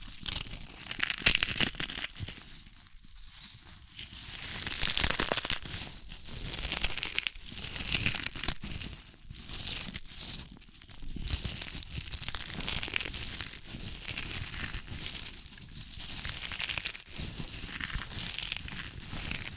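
Crunchy chips being crushed and eaten, with dense, crackling bursts that come in irregular waves throughout. The crunching is bright and crisp, with brief pauses between handfuls, notably near three seconds and again around seven and eleven seconds.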